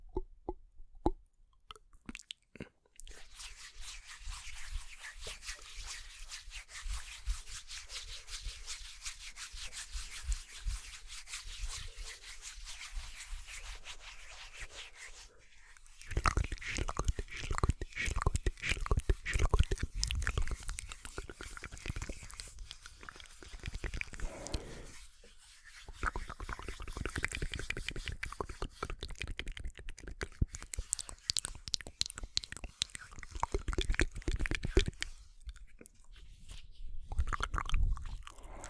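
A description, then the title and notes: Wet chewing-gum mouth sounds crackle densely, softer and brighter for the first fifteen seconds, then fuller and louder with brief pauses. EXTREME Inaudible MOUTH SOUNDS Chewing Gum.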